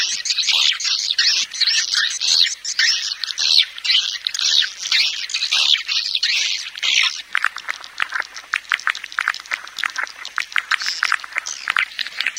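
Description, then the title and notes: Swiftlets: dense, buzzy chirping for several seconds, then thinner, quicker clicking chirps repeated many times. Swiftlet farming sound, Asia. "Swiflet Bird Sound. Farming Swiflet Bird asia sound"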